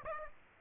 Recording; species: mosquito wingbeat signal from an infrared sensor; Aedes aegypti